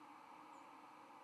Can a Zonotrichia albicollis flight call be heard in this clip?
no